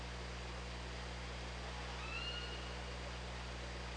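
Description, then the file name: Orca call: a faint rising then level whistle-like tone with harmonics lasting about a second, over a steady underwater hum. OrcaLab hydrophone, 24 August 2017, 19:08. "Orca Lab 20170824 190834"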